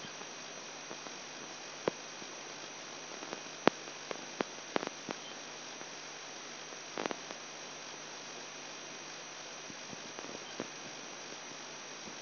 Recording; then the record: brain microelectrode recording played as sound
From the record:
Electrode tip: outside the subthalamic nucleus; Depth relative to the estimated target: -8 mm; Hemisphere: right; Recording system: AlphaMap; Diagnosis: Parkinson's disease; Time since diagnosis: 10 years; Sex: male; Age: 58 years